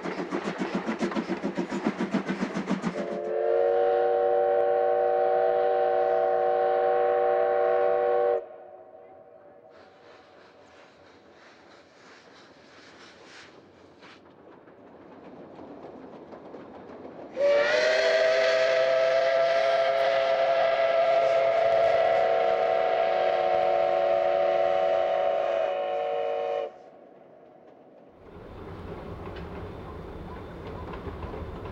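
A steam locomotive sounds two long, steady whistle blasts, one from about 3 to 8 seconds and a louder one from about 17 to 26 seconds. Between them come quieter stretches of rumbling and hissing train noise, with a burst of rushing steam at the start and end.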